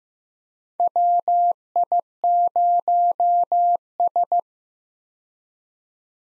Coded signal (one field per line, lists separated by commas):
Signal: Morse code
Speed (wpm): 15 wpm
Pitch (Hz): 700 Hz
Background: none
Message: WI0S